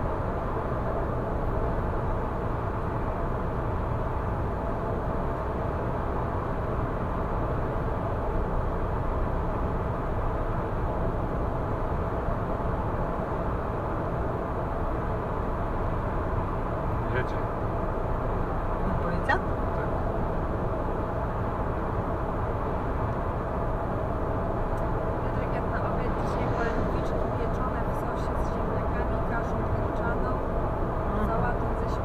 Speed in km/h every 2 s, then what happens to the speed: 106, 106, 106, 106, 106, 106, 106, 106, 106, 106, 106, 106, 106, 106, 106, 106.
0-32 steady at about 106.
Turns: none.